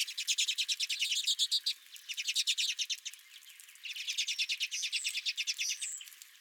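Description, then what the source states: Redpolls calling in rapid, buzzy chattering bursts, many notes running together in dense trills with short pauses between bursts. Redpolls at the recordist's own feeder.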